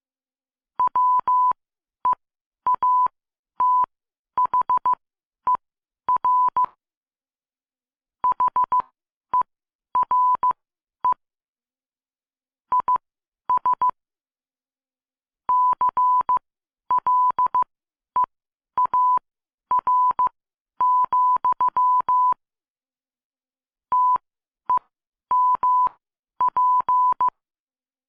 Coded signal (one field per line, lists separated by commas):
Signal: Morse code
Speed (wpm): 15 wpm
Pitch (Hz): 1000 Hz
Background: none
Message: WEATHER HERE IS CLEAR, TEMP